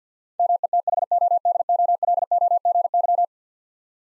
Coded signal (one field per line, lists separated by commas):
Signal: Morse code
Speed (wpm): 45 wpm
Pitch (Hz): 700 Hz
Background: none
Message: METHODOLOGY